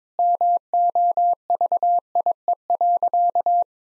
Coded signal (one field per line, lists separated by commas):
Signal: Morse code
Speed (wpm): 23 wpm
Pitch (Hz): 700 Hz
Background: none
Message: MOVIE.